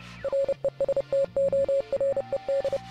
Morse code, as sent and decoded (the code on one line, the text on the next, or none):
.-. . ... - --- .-. . -..
RESTORED